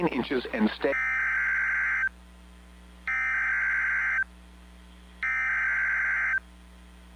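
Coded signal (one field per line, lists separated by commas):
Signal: Emergency Alert System (SAME) tones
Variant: header bursts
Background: speech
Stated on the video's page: Real EAS activation for a severe thunderstorm watch.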